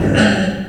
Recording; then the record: squeal of a Yucatan mini pig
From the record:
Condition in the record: after surgery on the right vocal fold (resection and tissue-engineered implant); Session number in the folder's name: 1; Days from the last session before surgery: 13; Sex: female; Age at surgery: 19 weeks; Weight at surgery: 25 kg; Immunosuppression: prednisolone